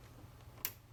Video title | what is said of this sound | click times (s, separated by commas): 6 - ExpressCube 165R - 265R - How to Remove the Width Array Bank | Hear the click. | 0.7 s